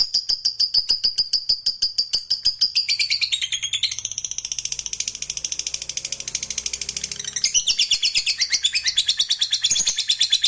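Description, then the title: Lovebird song: an unbroken, fast, high chattering trill of buzzy pulses that swells and shifts in pitch several times. Fighter lovebird singing energetically (gacor). "Berkat SUARA Lovebird FIGHTER GACOR Ini"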